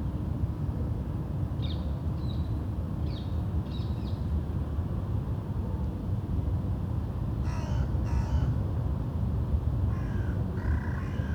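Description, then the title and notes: Crow caws, harsh and grating, first a scattered few, then louder clustered calls toward the end, all over a steady low drone. Crows in a park in Uccle, Belgium; park ambience; recorded with DPA 2006c microphones in AB position into an SD MixPre-D and Sony PCM-M10. "Corbeaux - Crows. Parc de Wolvendael, 1180 Uccle, Belgium. Ambiance dans le parc, quelques oiseaux"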